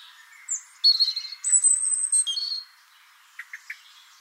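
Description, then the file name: European robin song: a short phrase of clear high whistles and a sustained thin note, followed by three soft brief notes. "Erithacus rubecula"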